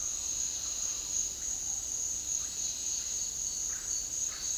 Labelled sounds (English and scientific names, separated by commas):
Speckled Chachalaca (Ortalis guttata), Russet-backed Oropendola (Psarocolius angustifrons)